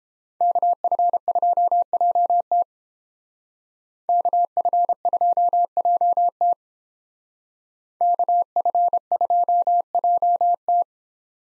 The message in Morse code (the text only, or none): KF2JT KF2JT KF2JT